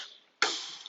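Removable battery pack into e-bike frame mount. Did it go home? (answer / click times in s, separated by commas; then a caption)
yes / 0.4 s. A removable battery pack on a Darrvin Connect e-bike is lined up at the bottom and pushed into its mount on the frame, giving a sharp latch click at 0.4 s, followed by a faint tick at 0.9 s. The battery is seated in position, nice and sturdy.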